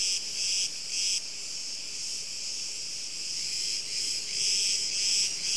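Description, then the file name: Crickets trill in a high, shimmering chorus, with louder pulsed bursts near the start and again toward the end. "Grillen"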